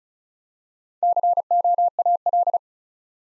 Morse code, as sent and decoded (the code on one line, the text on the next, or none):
-.-. --- .- .-..
COAL